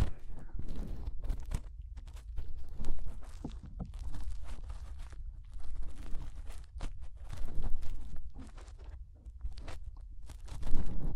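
Fingers rub and press inside the ear, making muffled crackling and scratchy rustles over a constant deep rumble. The scraping comes in irregular, dense bursts with brief quiet gaps, swelling louder around three, six, eight and eleven seconds.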